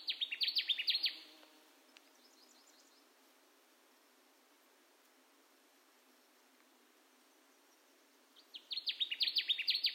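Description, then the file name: Connecticut warbler singing two bursts of rapid, emphatic repeated notes, with a long quiet gap between them. Recorded 10 June 2021; nine songs. "2021-06-10 Connecticut Warbler 9 songs"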